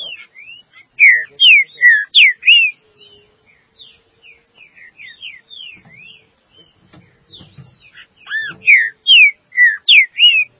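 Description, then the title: Green-winged saltator song: two loud bursts of rapid, mellow whistled notes, each slurring up or down, with quieter twittering and faint clicks between them. "Trinca Ferro"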